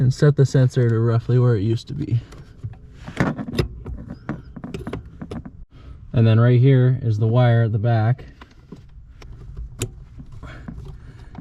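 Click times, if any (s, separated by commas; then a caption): 9.8 s. Someone talks while a clutch pedal position sensor on a 2nd Gen 4Runner is set back to roughly where it used to be with the clutch pedal held down. The wiring connector at the back of the sensor is pushed on amid scattered handling taps. It seats with a sharp click at 9.8 s.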